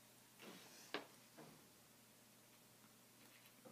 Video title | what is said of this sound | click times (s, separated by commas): Part 2 of 4 DroneKits.us Quad Frame Build Video - Electronics Install | we go you can sort of feel when it sort of snaps into place and goes completely seated | 0.9 s